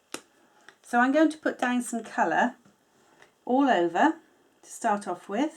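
A tight, double-clicking cap is pulled off the brush tip of an alcohol marker to start colouring; it fits snugly so the marker does not dry out. Two sharp clicks come at 0.1 and 0.7 seconds as the cap releases, followed by someone talking.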